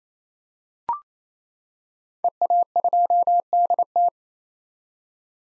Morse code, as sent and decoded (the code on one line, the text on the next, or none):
. .- ..--- -.. -
EA2DT